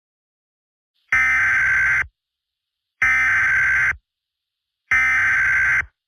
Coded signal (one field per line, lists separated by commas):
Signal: Emergency Alert System (SAME) tones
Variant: header bursts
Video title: Acid Rain( A Mini Eas Scenario)